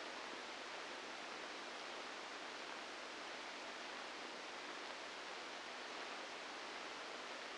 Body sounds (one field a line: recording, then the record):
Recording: brain microelectrode recording played as sound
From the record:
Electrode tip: outside the subthalamic nucleus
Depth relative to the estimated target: 0 mm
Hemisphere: left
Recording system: NeuroSet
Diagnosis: Parkinson's disease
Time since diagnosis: 9 years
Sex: female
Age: 51 years